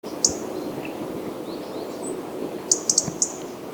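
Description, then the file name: European robin: one thin, high note early, then a quick cluster of four sharp high ticks near the end, over a low rumbling background. "Erithacus rubecula"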